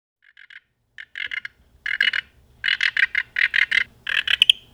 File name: Rana sauteri